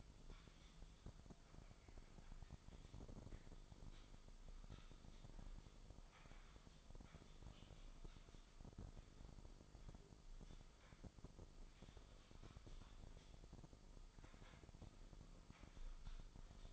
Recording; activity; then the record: daily activity, microphone in the room; typing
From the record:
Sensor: 5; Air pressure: 995.4 hPa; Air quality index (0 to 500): 87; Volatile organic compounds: 4 ppm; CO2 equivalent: 1614 ppm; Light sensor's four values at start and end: 25/62/24/22 and 25/62/24/23